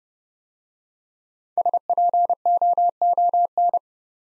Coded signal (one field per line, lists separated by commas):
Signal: Morse code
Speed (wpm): 30 wpm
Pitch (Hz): 700 Hz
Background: none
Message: SPOON